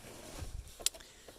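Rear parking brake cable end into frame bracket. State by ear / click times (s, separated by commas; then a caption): seated / 0.9 s. The rear parking brake cable housing end on a GMC motorhome is pushed into the original, unmoved metal bracket on the frame. Some low handling noise comes first, then a single sharp, bright snap at 0.9 s. The cable end is seated in the bracket.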